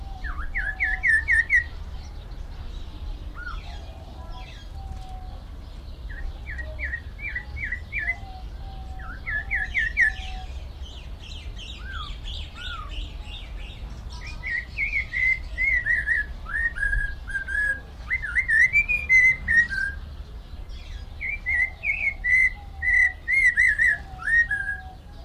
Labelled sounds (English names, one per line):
Snowy-crowned Robin-Chat song